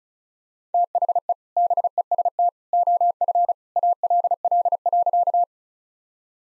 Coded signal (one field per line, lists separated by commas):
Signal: Morse code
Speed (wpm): 34 wpm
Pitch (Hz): 700 Hz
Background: none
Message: THE BEST OF ALL.